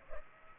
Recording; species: mosquito wingbeat signal from an infrared sensor; Culex pipiens